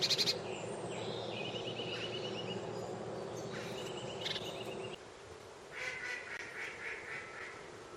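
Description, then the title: Robin song with quick trilled phrases, a brief pause, then a further run of bright warbling over background noise. "Robin Birds Chirping"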